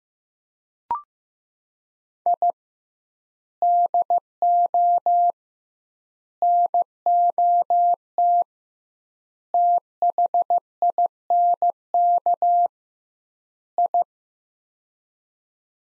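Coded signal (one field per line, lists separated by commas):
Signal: Morse code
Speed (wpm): 15 wpm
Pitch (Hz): 700 Hz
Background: none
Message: I DO NOT THINK I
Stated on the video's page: Morse practice of sets of five words at 15 wpm with 2x word spacing, a Farnsworth-like method; words sent, spoken, then sent again.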